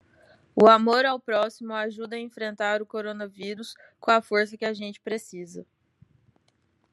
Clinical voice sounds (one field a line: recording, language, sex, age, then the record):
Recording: spoken sentence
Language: Brazilian Portuguese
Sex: female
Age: 30 to 39 years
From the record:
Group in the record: control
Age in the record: 30 years